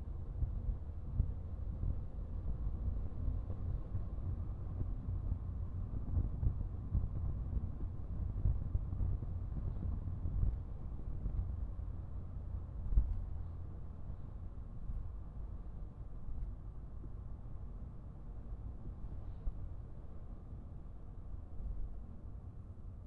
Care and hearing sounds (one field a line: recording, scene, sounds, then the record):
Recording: everyday scene through a hearing-aid microphone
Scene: in a vehicle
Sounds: engine, rumble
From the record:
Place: Skoda Fabia, gasoline engine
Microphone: behind the ear, right, rear